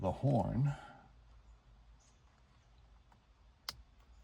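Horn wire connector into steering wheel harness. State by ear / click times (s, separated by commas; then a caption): seated / 3.7 s. During a clockspring replacement on a 2015 Ford F-150, the horn wire connector is pushed into the steering wheel harness. Someone talks, then after a quiet stretch a sharp, bright snap is heard at 3.7 s. The connector is seated.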